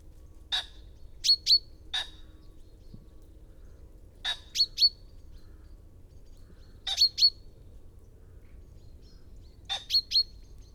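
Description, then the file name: Common chaffinch calls, with brief high chips singly or in twos and threes, at irregular intervals over a soft low background hum. "Fringilla coelebs"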